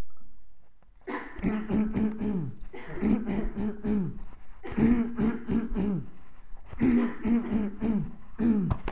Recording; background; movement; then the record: throat clearing; a bystander coughing; walking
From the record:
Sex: male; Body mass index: 20.6 kg/m2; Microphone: on the chest, facing the body